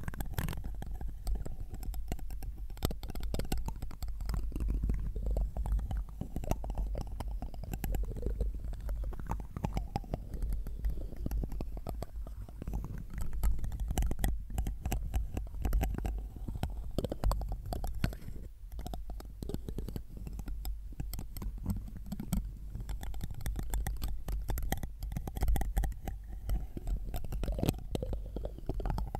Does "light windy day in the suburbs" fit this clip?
no